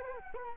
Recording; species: mosquito wingbeat signal from an infrared sensor; Culex quinquefasciatus